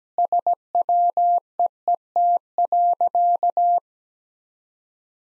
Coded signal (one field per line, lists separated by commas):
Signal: Morse code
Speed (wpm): 17 wpm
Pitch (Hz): 700 Hz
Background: none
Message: SWEET.